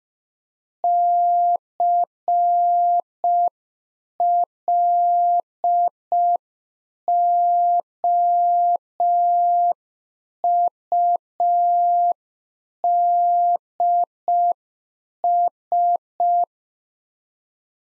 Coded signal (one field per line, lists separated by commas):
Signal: Morse code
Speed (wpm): 5 wpm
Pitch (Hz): 700 Hz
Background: none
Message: CLOUDS